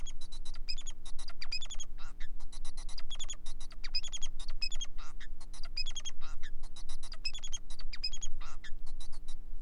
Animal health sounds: song of a male Bengalese finch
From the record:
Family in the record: son of father 4

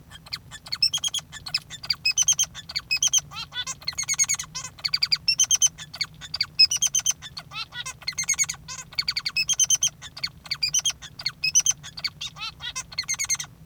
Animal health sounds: song of a male Bengalese finch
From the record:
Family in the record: father 3

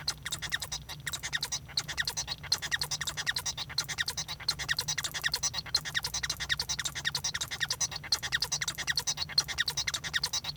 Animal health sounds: song of a male Bengalese finch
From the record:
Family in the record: son of father 1

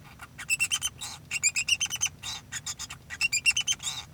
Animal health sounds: song of a male Bengalese finch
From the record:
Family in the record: son of father 2

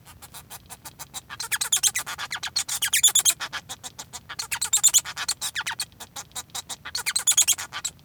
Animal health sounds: song of a male Bengalese finch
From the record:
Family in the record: son of father 1

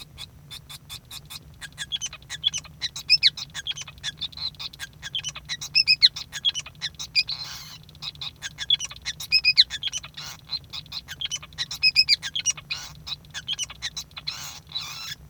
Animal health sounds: song of a male Bengalese finch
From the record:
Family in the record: son of father 5

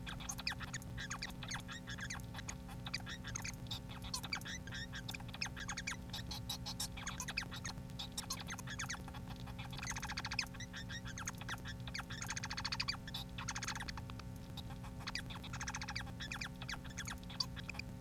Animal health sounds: song of a male Bengalese finch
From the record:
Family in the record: son of father 4

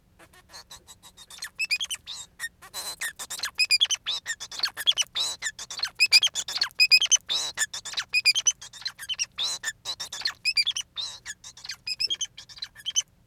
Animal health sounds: song of a male Bengalese finch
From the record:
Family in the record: son of father 4

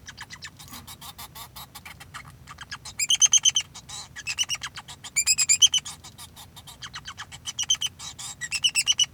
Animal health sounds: song of a male Bengalese finch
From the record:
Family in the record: son of father 2

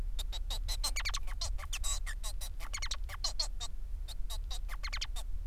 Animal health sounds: song of a male Bengalese finch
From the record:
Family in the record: son of father 4

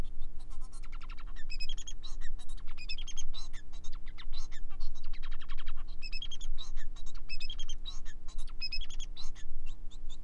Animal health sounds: song of a male Bengalese finch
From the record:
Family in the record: son of father 4

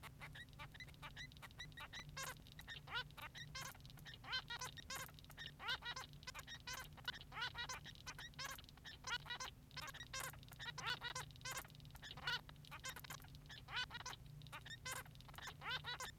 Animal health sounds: song of a male Bengalese finch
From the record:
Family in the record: son of father 3

